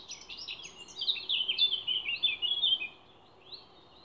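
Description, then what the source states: Songbird song: a hurried stream of high warbled and chirped notes for about three seconds, then quiet with one soft note, steady background noise throughout. Songbird songs recorded 29 April 2020 in scrubland at Ježdovec, by the lake at Rakitje, and in Stupnik forest.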